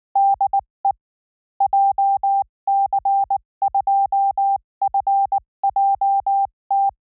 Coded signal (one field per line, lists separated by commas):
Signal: Morse code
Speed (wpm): 19 wpm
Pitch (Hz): 790 Hz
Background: none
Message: DE JC2FJT